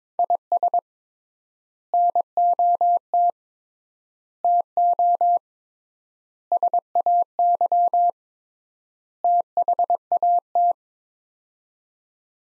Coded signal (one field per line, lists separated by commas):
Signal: Morse code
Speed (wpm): 22 wpm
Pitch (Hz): 700 Hz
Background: none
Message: IS NOT TO SAY THAT